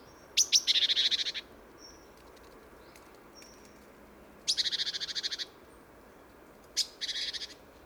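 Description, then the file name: Great tit harsh churring calls, three buzzy rattles of quick pulses, with a few sharp ticks before the first and faint thin whistles between. "Parus major"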